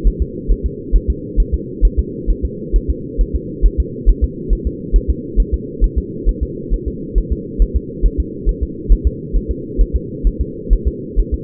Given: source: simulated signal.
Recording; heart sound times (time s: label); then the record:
fetal heart sounds
0.07 s: S1
0.22 s: S2
0.52 s: S1
0.66 s: S2
0.96 s: S1
1.10 s: S2
1.40 s: S1
1.54 s: S2
1.85 s: S1
1.99 s: S2
2.30 s: S1
2.45 s: S2
2.76 s: S1
2.90 s: S2
3.21 s: S1
3.36 s: S2
3.66 s: S1
3.80 s: S2
4.09 s: S1
4.24 s: S2
4.53 s: S1
4.67 s: S2
4.96 s: S1
5.10 s: S2
5.40 s: S1
5.54 s: S2
5.84 s: S1
5.98 s: S2
6.29 s: S1
6.43 s: S2
6.74 s: S1
6.88 s: S2
7.18 s: S1
7.32 s: S2
7.62 s: S1
7.77 s: S2
8.06 s: S1
8.20 s: S2
8.49 s: S1
8.63 s: S2
8.92 s: S1
9.07 s: S2
9.36 s: S1
9.51 s: S2
9.81 s: S1
9.96 s: S2
10.27 s: S1
10.41 s: S2
10.73 s: S1
10.88 s: S2
11.20 s: S1
11.34 s: S2
From the record:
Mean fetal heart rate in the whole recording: 135 bpm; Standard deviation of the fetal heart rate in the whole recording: 3 bpm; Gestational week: 36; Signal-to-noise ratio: -4.1 dB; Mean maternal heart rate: no maternal heart sound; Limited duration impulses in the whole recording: absent